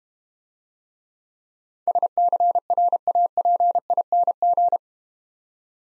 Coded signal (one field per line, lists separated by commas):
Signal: Morse code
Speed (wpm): 32 wpm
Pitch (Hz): 700 Hz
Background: none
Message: SCRAPING